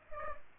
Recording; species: mosquito wingbeat signal from an infrared sensor; Culex pipiens